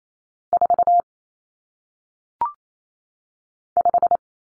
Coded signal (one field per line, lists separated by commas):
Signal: Morse code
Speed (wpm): 28 wpm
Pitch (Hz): 700 Hz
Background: none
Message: 4 5